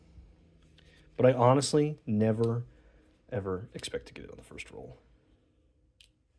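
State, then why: Partly seated. Someone talks while a film leader retriever is turned inside a 35mm film canister, its tongue trying to catch the film leader. A single faint click is heard at 6.0 s, but it is only a half click, so the leader is only partly caught and the attempt is to be retried.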